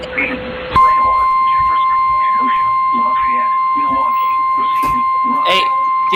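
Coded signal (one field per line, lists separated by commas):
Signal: Emergency Alert System (SAME) tones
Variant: 1050 Hz attention tone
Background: speech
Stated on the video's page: Compilation of EAS alerts: severe thunderstorm warnings, a required weekly test, a blizzard warning and a tornado watch.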